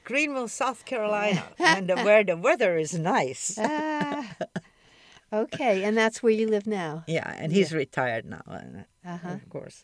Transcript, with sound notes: Greenville, South Carolina and where the - where the weather is nice (both laugh)
Ah, ok. And that's where you live now?
Yeah, and he's retired now, of course.